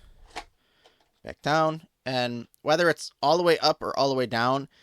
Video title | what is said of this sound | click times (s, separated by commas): Monster High Garden Mysteries Venus McFlytrap Review - Toy Talk Monster High #47 | it sort of locks into place a little bit so that it's not just shifting by itself | 0.4 s